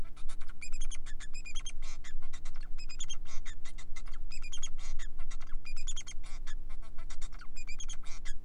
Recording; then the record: song of a male Bengalese finch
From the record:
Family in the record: son of father 4